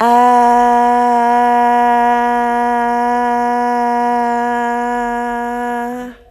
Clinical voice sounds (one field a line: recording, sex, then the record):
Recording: sustained vowel /a/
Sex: female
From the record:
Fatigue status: no fatigue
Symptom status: symptomatic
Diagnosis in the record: COVID-19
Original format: m4a